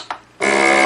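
A vacuum-seal jar lid on a glass jar, under the sealer attachment, is run through the vacuum sealer a second time so it will pop again. A short pop at 0.1 s marks the lid snapping down as it seals, and from about 0.4 s a loud, steady tonal machine whir takes over. The lid is sealed.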